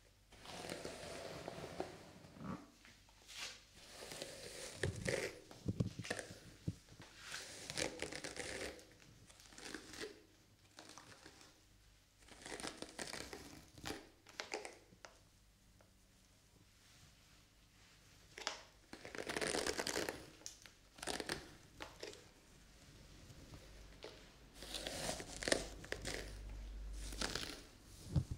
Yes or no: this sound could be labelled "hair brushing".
yes